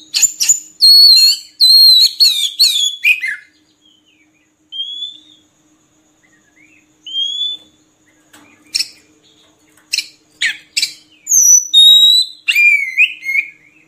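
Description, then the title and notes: Oriental magpie-robin song opening with fast chattering whistles, then soft rising notes and later sharp whistled phrases. Long-duration magpie-robin filler (isian) song recording for training birds to sing actively day and night. "Kacer Jadi Gacor Siang Malam. Isian Kacer Durasi Panjang"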